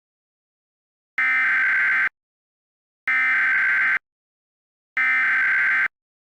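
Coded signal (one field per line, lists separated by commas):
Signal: Emergency Alert System (SAME) tones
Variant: header bursts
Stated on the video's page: Fictional EAS scenario containing valid EAS tones.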